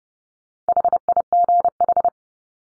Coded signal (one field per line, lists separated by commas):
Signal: Morse code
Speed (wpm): 30 wpm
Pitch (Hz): 700 Hz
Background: none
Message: HIGH